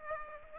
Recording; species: mosquito wingbeat signal from an infrared sensor; Aedes aegypti